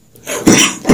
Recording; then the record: coughing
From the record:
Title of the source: Spring Cold Coughing 3